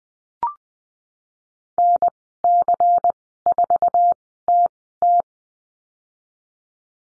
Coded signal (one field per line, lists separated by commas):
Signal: Morse code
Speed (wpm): 20 wpm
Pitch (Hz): 700 Hz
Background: none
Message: NC4TT